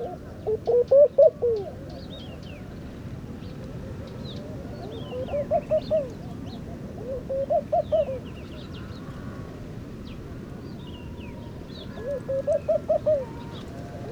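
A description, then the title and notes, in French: Laughing doves coo in soft, bubbling runs of five or six quick notes, heard near the start, around six and eight seconds, and again near thirteen seconds. Between phrases, a steady low murmur fills the air, with faint high chirps from other small birds scattered throughout. Murmures d'oasis - Mauritanie. Guelta de Elghedyia - Mauritanie - Tlp7 - Mixpre3. Le murmure des Tourterelles maillées (Streptopelia senegalensis). Il forme le fond sonore de nombreux oasis dans le désert. Au lever du jour, les mâles roucoulent et paradent durant les heures aux températures agréables.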